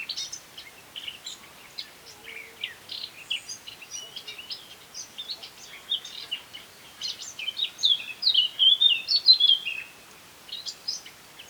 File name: Sylvia atricapilla